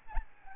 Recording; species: mosquito wingbeat signal from an infrared sensor; Aedes albopictus